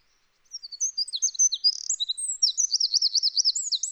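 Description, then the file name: Eurasian wren song, a fast, very high outpouring of twittering notes and sharp trills, with a rapid series of repeated looping notes near the end. "Troglodytes troglodytes"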